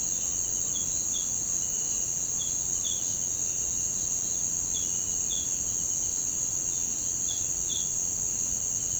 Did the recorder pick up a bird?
no